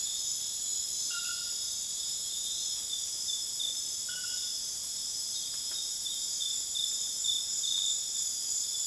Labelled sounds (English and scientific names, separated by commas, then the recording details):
none
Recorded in dense forest near Puerto Asís, Putumayo, Colombia, on 29 June 2025 at 22:30
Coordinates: 0.484, -76.325
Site H65